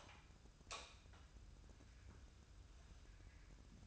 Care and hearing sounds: daily activity, microphone in the room; light on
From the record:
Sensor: 2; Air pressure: 994.3 hPa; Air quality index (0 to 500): 214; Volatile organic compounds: 1000 ppm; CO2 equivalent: 7087 ppm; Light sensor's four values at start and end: 125/299/126/130 and 131/316/133/137

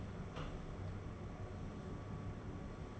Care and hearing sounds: daily activity, microphone in the room; open door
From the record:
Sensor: 4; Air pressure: 1016.1 hPa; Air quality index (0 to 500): 204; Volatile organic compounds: 11 ppm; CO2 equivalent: 2323 ppm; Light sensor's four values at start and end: 9/20/8/7 and 9/20/8/7

